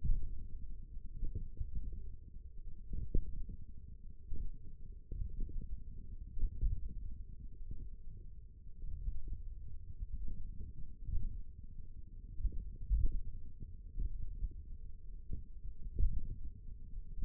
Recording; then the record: forearm muscle sounds (acoustic myography)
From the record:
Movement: finger pinch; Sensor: system 1, eight BSWA MPA416 microphones around the upper forearm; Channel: 3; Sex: male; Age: 28 years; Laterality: right